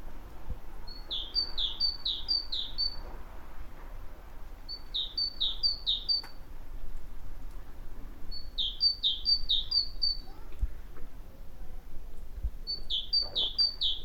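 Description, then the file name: Great tit song: bursts of three to four repeated two-note phrases, a high note dropping to a lower one, with short pauses between bursts; low background hum. "Parus major"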